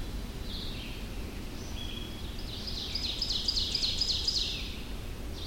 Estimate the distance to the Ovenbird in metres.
about 45 m